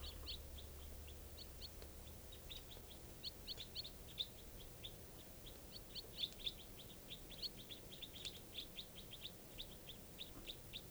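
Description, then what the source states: Crossbill calls: many short, sharp kip notes in a steady stream throughout. Wild flock of about eight birds at the top of a tall lodgepole pine above camp, 5:05 p.m.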